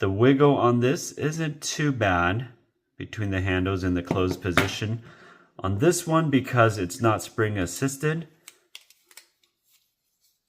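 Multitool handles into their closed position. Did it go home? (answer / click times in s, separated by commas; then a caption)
no / none. Someone talks for most of the clip while handling a budget folding multitool that is not spring assisted, moving its metal handles toward the closed position. After the talking stops, a few small, sharp clicks and taps are heard between about 8.5 and 9.2 s. The clip ends before the handles snap home, so nothing has seated yet.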